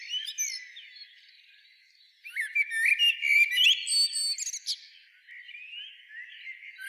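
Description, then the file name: Common blackbird phrase: soft warbling builds into a loud, busy burst of fluty notes and shrill twitters, then eases back to quieter whistles. "Turdus merula"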